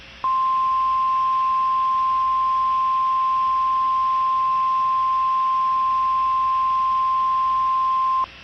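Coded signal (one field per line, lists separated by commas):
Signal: Emergency Alert System (SAME) tones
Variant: 1050 Hz attention tone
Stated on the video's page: Fictional EAS scenario, not a real alert.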